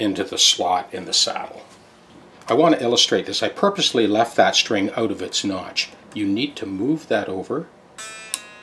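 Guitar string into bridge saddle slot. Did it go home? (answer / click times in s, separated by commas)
yes / 8.3 s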